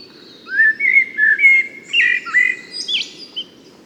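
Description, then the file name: Eurasian blackbird singing a mellow whistled warble of several notes that climbs into a brief high squeaky flourish, over a steady low hum. "Turdus merula"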